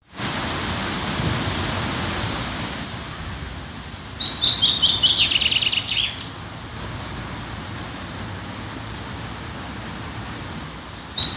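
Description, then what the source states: Bird song: a single rapid phrase of high notes stepping downward midway through, with another note starting at the end, under a steady noisy rush. City park.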